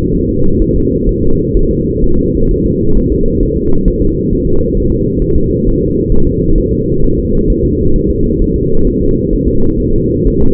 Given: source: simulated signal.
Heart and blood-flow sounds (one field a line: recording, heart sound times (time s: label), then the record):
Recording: fetal heart sounds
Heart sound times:
0.15 s: S1
0.29 s: S2
0.62 s: S1
0.76 s: S2
1.09 s: S1
1.23 s: S2
1.57 s: S1
1.71 s: S2
2.04 s: S1
2.18 s: S2
2.51 s: S1
2.65 s: S2
2.97 s: S1
3.12 s: S2
3.43 s: S1
3.57 s: S2
3.88 s: S1
4.02 s: S2
4.33 s: S1
4.47 s: S2
4.77 s: S1
4.92 s: S2
5.22 s: S1
5.36 s: S2
5.67 s: S1
5.81 s: S2
6.12 s: S1
6.27 s: S2
6.58 s: S1
6.72 s: S2
7.04 s: S1
7.18 s: S2
7.50 s: S1
7.64 s: S2
7.96 s: S1
8.10 s: S2
8.42 s: S1
8.56 s: S2
8.87 s: S1
9.02 s: S2
9.33 s: S1
9.48 s: S2
9.80 s: S1
9.94 s: S2
10.28 s: S1
10.42 s: S2
From the record:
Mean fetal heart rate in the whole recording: 130 bpm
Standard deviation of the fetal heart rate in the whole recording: 4 bpm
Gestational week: 38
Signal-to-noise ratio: -17.7 dB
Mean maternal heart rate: 72 bpm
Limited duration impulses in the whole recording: present